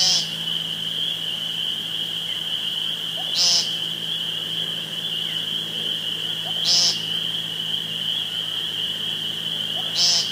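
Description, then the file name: Woodcock croaks followed by sharp, high squeaks, four sequences spaced roughly three seconds apart, under a steady high-pitched drone. Recorded 2 June 2013 with a phone. "2013-06-02 Woodcocki Phone"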